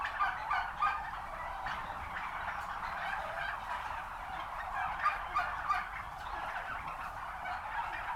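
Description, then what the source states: Turkey: constant gobbling from a flock of turkeys, overlapping warbled calls with occasional louder peaks. Recorded at a turkey farm.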